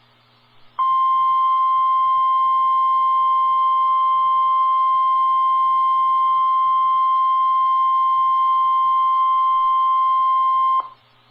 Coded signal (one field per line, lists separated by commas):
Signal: Emergency Alert System (SAME) tones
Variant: 1050 Hz attention tone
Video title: Real NOAA Weather Radio EAS Alert #76